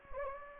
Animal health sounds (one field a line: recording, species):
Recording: mosquito wingbeat signal from an infrared sensor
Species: Anopheles gambiae